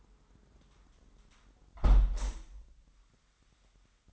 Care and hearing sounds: daily activity, microphone in the room; close window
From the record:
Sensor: 3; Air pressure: 998.5 hPa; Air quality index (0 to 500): 154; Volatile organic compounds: 6 ppm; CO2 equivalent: 1852 ppm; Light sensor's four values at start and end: 11/28/12/12 and 11/27/11/12

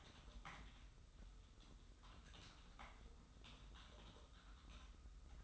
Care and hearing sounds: daily activity, microphone in the room; typing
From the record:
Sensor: 3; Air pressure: 990.9 hPa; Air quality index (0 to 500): 139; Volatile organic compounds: 261 ppm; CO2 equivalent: 4388 ppm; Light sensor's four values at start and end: 37/90/36/35 and 37/90/36/35

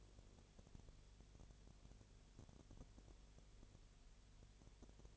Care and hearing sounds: daily activity, microphone in the room; no activity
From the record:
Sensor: 4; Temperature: 22.6 degrees Celsius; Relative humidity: 32.0%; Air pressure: 1008.1 hPa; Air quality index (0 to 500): 113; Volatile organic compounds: 2 ppm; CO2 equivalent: 1102 ppm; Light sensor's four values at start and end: 2/3/1/1 and 2/3/1/1

